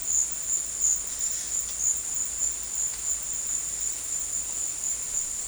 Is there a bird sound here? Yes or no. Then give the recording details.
no. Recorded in dense forest near Puerto Asís, Putumayo, Colombia, on 22 December 2024 at 13:00. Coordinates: 0.468, -76.322. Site G071